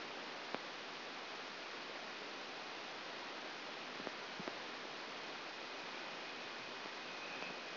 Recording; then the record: brain microelectrode recording played as sound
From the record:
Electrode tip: outside the subthalamic nucleus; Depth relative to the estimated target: 3 mm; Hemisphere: left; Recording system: AlphaMap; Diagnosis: Parkinson's disease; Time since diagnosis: 9 years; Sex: male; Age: 53 years